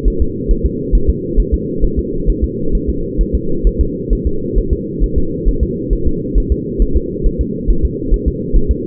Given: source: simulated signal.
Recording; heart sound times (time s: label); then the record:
fetal heart sounds
0.08 s: S1
0.22 s: S2
0.51 s: S1
0.66 s: S2
0.95 s: S1
1.10 s: S2
1.40 s: S1
1.54 s: S2
1.84 s: S1
1.99 s: S2
2.30 s: S1
2.44 s: S2
2.75 s: S1
2.89 s: S2
3.21 s: S1
3.35 s: S2
3.67 s: S1
3.81 s: S2
4.13 s: S1
4.27 s: S2
4.58 s: S1
4.73 s: S2
5.04 s: S1
5.18 s: S2
5.48 s: S1
5.63 s: S2
5.93 s: S1
6.07 s: S2
6.38 s: S1
6.52 s: S2
6.82 s: S1
6.97 s: S2
7.27 s: S1
7.41 s: S2
7.70 s: S1
7.85 s: S2
8.14 s: S1
8.28 s: S2
8.56 s: S1
8.71 s: S2
From the record:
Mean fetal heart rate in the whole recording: 135 bpm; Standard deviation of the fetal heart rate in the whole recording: 3 bpm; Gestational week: 36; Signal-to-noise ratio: -8.1 dB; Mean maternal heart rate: 72 bpm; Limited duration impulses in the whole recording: absent